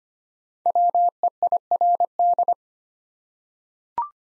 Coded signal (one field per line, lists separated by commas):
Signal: Morse code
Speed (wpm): 25 wpm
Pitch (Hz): 700 Hz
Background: none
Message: WEIRD